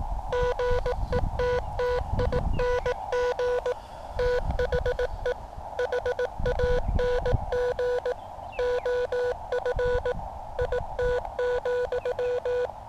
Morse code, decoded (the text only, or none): GETTING THE HANG OF IT,